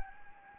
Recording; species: mosquito wingbeat signal from an infrared sensor; Anopheles gambiae